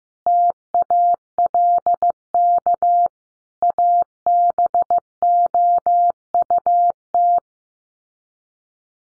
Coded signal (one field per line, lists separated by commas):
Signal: Morse code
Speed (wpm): 15 wpm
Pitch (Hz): 700 Hz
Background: none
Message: TALK ABOUT